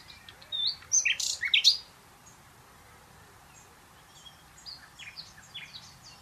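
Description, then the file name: Common nightingale song: a short burst of loud, varied chirps and whistles, then only faint, scattered high notes. "Luscinia megarhynchos"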